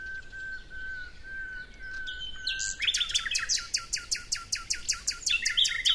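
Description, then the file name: Common nightingale song: a long, steady whistle, then a loud burst of rapid, evenly repeated harsh notes. "Luscinia megarhynchos"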